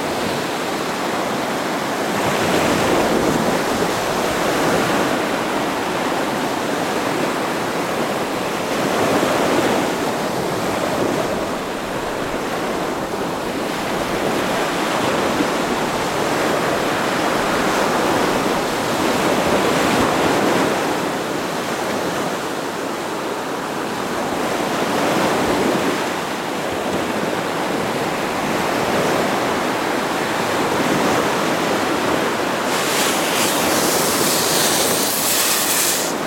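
Waves wash over a shore in a steady, dense rush, swelling every few seconds with surges near 3, 9, 15, 20 and 25 seconds. The surf sounds full, mostly a hissing wash with some low rumble. A brighter, crisp sputter enters near the end.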